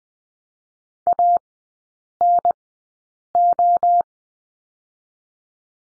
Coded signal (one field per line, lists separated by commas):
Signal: Morse code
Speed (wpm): 20 wpm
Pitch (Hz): 700 Hz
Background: none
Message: ANO